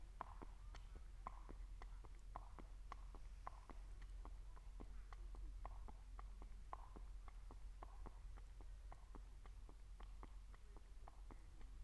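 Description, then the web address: Horse hooves clop at an even walking pace, crisp regular strikes against a low rumbling background. Ridden horse passing by on asphalt in a farmyard setting, recorded with a Marantz recorder. "allathangok parasztudvar lo aszfaltonelhaladolovas marantz"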